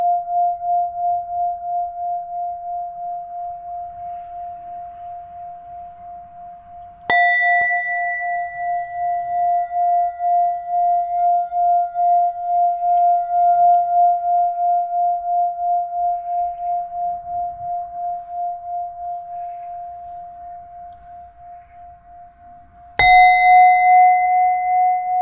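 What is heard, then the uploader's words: A singing bowl rings in a mini sound bath, struck twice, near 7 and 23 seconds. Each strike sends out a bright ringing tone with a steady, wavering pulse that slowly fades over many seconds. Faint low rustles sit underneath. Heart Chakra Activation (Mini Sound Bath).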